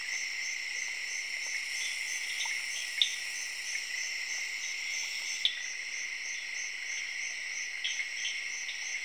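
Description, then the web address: Crickets chirping together in a constant high, pulsed drone, with a few scattered sharp clicks. Crickets calling together with tree frogs in Zaire, Africa. "BBC Sound Effects Library. Zaire, Tree Frogs And Crickets"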